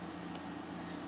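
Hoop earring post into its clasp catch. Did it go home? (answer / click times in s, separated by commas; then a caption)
yes / 0.4 s. The hinged post of a 14K and 925 hoop earring, about an inch and a half across, is closed into its clasp catch, giving one short, sharp tick at 0.4 s over a steady low hum and background noise. The hoop clicks shut and locks into place.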